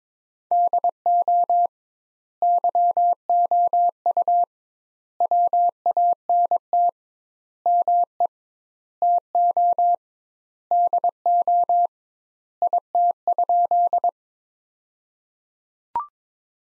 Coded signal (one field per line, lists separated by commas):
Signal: Morse code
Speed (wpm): 22 wpm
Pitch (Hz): 700 Hz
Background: none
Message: DO YOU WANT ME TO DO IT?